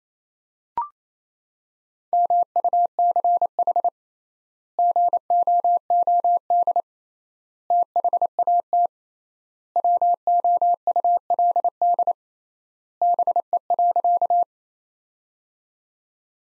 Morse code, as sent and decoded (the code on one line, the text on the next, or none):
-- ..- -.-. .... / --. --- --- -.. / - .... .- - / .-- --- ..- .-.. -.. / -... . .-.-.-
MUCH GOOD THAT WOULD BE.